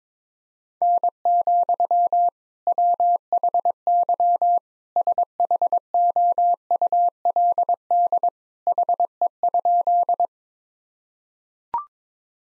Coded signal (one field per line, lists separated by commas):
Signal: Morse code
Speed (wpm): 21 wpm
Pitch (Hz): 700 Hz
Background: none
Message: N, WHY SHOULD HE?